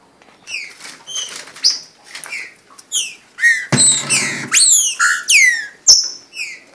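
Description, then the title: Green-winged saltator whistling bright, downslurred and hooked notes in quick succession, starting softer then growing louder, with a couple of sharp clicks or knocks mid-sequence. Brazil. "trinca ferro"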